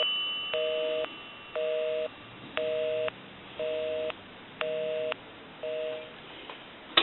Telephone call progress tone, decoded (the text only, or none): busy tone